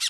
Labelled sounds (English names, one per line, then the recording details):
Brown-throated Parakeet contact call
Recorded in Bonaire
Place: 1 km N of power plant, rd to Republiek
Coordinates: 12.184, -68.285